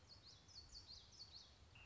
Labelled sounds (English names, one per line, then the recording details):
Common Yellowthroat
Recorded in Sonoma County, California